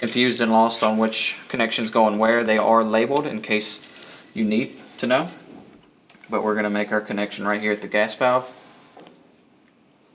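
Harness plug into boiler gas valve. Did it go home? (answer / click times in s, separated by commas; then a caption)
yes / 9.1 s, 9.9 s. A plastic wiring harness plug is pushed onto the gas valve terminal of a Weil-McLain SlimFit boiler while someone talks. After the talking, two clicks are heard at 9.1 s and 9.9 s as the connector seats onto the gas valve.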